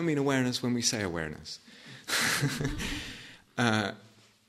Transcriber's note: laughter